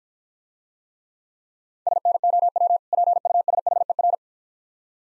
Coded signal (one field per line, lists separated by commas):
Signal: Morse code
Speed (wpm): 54 wpm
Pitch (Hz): 700 Hz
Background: none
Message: SNOW PUSHER